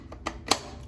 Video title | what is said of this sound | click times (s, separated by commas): Honest Review: Hair Dryer/Blower (link in description) | Put it back on. You just lock it into place, and you're done. | 0.3 s, 0.5 s